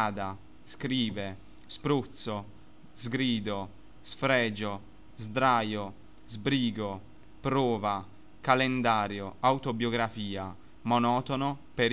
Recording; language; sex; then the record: read list of words; Italian; male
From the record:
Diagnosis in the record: healthy control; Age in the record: 21 years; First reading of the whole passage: 44 s, 11.7 characters per second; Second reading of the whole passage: 44 s, 11.8 characters per second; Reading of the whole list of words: 49 s, 5.8 characters per second